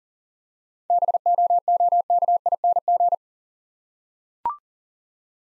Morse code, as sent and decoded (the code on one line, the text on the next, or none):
-... --- --- -.- .. -. --.
BOOKING